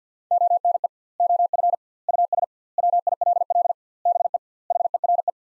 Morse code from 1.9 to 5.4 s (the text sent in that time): US WILL BE HERE